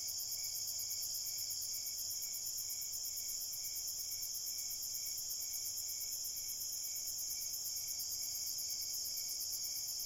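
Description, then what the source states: Dense cricket chorus, shrill and nearly continuous, with fast pulsing chirps merging into a constant high ringing. Crickets at night in a cornfield.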